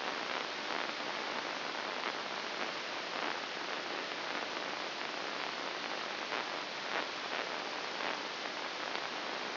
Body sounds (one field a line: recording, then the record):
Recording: brain microelectrode recording played as sound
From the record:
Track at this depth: inside the subthalamic nucleus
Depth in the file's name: 2.804 mm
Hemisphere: right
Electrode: 2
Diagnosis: Parkinson's disease